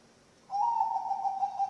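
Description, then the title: Zebra dove cooing, one smooth drawn-out note that starts abruptly and stays level and gently pulsing until the end. Bangkok-type zebra dove (perkutut) song, used as a master recording for training birds and as a lure. "mster Mnuk. SUARA OCEHAN BURUNG PERKUTUT BANGKOK Untuk MASTERAN dan PANCINGAN"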